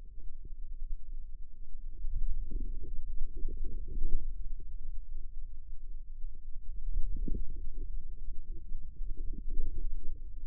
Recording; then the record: forearm muscle sounds (acoustic myography)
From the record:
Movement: ulnar deviation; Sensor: system 2, bracelet of six BSWA MPA416 microphones around the upper forearm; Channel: 2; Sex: female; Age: 25 years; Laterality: right